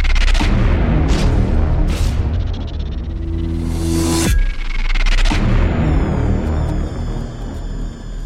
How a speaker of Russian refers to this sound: Внезапно возле разделяющей мир людей и вееров грани начались спонтанные взрывы, один за другим.